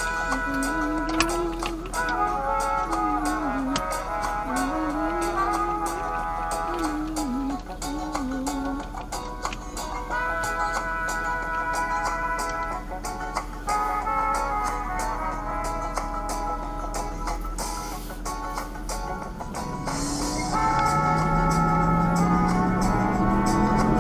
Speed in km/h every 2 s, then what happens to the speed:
0, 0, 0, 0, 0, 0, 0, 0, 0, 0, 2, 10.
0-20 standing. 20-24 pulls away to 10.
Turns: none.